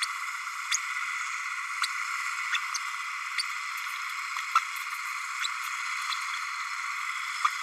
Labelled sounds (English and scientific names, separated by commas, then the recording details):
Green-rumped Parrotlet (Forpus passerinus) babbling
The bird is a male
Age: 30 days
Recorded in a nest box in Venezuela
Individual 17B32A6